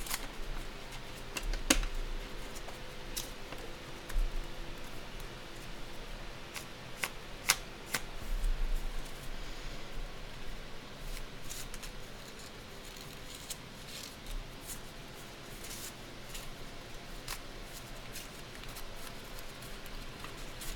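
Candle dressing with shuffling and cutting sounds: a soft, steady rustle runs throughout, broken by sharp clicks and snips that come irregularly, a few seconds apart, loudest around two and seven seconds. A low hum sits underneath the whole time.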